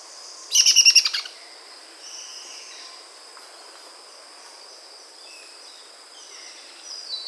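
Dusky myzomela call: one short burst of quick, harsh, high chattering notes, followed by faint thin chips against a constant high-pitched hiss.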